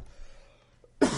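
Adult man. A single brief cough after a quiet stretch, from a little throat irritation.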